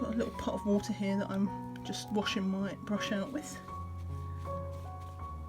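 Someone talks over background music while handling a poster paint pot with a snap-on, hinged plastic lid. The lid is about to be pressed closed. Nothing has clicked or seated yet.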